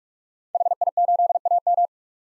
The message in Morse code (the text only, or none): HI8AM